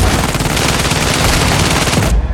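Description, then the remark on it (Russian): A loud volley of rifle gunfire aimed at armored figures and monsters 30 to 40 metres away, many shots cracking in rapid, overlapping succession for about two seconds before stopping abruptly. No voices are heard. “Винтовочная пуля на таком расстоянии, как оказалось, прошивает насквозь даже эти самые латы.”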